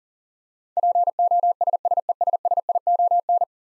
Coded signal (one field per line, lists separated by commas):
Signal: Morse code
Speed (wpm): 40 wpm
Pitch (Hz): 700 Hz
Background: none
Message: POSSESSION